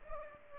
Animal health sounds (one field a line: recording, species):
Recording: mosquito wingbeat signal from an infrared sensor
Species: Culex pipiens